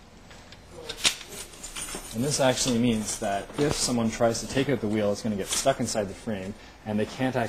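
A U-lock is passed through only the rear wheel of a bike, and its metal shackle is pushed into the lock crossbar, giving a sharp, short hit at 0.9 s as the shackle locks shut. This keeps the quick-release wheel stuck inside the frame if someone tries to take it out. Someone talks through the rest of the clip.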